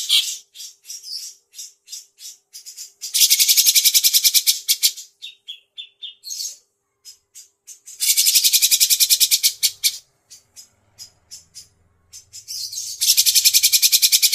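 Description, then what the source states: Grey-cheeked bulbul song in loud bursts of very rapid, rattling high notes lasting about two seconds, separated by scattered short sharp chirps and brief silences. Tutor song for teaching birds, long duration.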